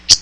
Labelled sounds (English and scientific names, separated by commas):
Common Yellowthroat (Geothlypis trichas) flight call